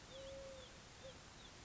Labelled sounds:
Eurasian Collared Dove (Streptopelia decaocto)
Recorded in Sonoma County, California

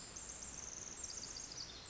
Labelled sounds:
Pacific Wren (Troglodytes pacificus)
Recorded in Sonoma County, California

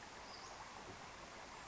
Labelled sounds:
Western Flycatcher (Empidonax difficilis)
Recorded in Sonoma County, California

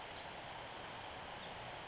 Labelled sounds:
Pacific Wren (Troglodytes pacificus)
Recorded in Sonoma County, California

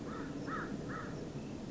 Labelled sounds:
American Crow (Corvus brachyrhynchos)
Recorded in Sonoma County, California

